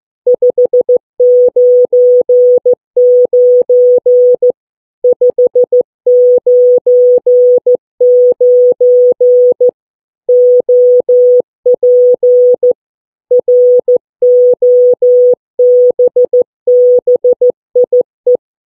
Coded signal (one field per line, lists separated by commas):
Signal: Morse code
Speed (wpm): 15 wpm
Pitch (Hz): 490 Hz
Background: none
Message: 599 599 OP ROBBIE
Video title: CW Contact with 11 year old Ryan, EI8KW and Robbie, Ei2iP.